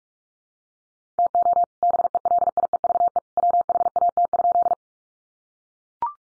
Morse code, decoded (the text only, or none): TO BELIEVE WHAT?